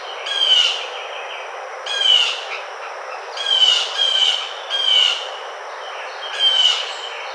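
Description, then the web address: Blue jay giving several loud, harsh, buzzy calls at uneven intervals against a quiet hiss. 18 June 2009. "Blue Jay 2009 06 18"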